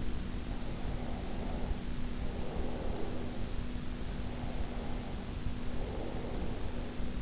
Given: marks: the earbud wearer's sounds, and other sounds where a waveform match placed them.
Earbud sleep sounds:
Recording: sounds in sleep by an in-ear microphone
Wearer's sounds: breath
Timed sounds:
0.50-3.61 s: breath
3.97-7.22 s: breath

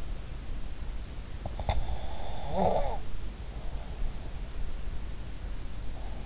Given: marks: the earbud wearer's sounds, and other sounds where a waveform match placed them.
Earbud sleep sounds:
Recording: sounds in sleep by an in-ear microphone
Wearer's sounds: snoring breath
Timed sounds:
1.40-4.40 s: snoring breath

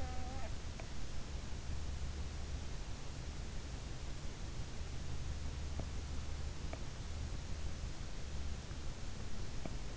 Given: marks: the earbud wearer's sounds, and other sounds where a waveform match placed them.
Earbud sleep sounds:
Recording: sounds in sleep by an in-ear microphone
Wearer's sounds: snoring breath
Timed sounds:
0.00-0.57 s: snoring breath

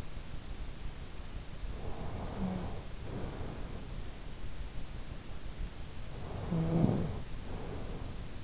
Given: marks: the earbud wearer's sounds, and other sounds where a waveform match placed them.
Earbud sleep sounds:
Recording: sounds in sleep by an in-ear microphone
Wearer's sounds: snoring breath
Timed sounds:
1.48-4.58 s: snoring breath
5.93-8.44 s: snoring breath

